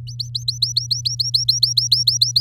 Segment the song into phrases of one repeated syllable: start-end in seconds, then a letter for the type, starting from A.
0.07-2.40 A